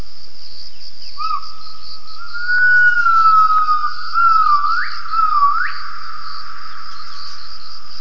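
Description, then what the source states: Gibbon whistled call: a long, level tone that swells, then two sharp upward-swooping notes near the end, over a constant high-pitched insect drone. Recorded for acoustic triangulation.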